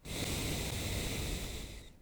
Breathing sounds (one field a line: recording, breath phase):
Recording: one breath near a microphone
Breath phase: exhalation